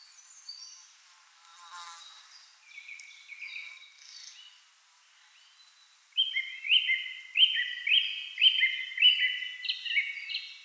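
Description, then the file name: Song thrush singing: faint scattered notes at first, then a loud run of short, bright whistled phrases, each repeated several times in quick succession. Recorded 28 April 2010. "Singdrossel Turdus philomelos 20100428"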